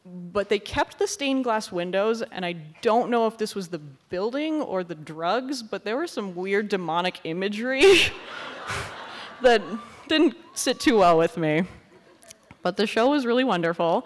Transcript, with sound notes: But they kept the stained glass windows and I don’t know if this was the building or the drugs but there were some weird demonic imagery! [laughs] [laughter] That didn’t sit too well with me. But the show was really wonderful.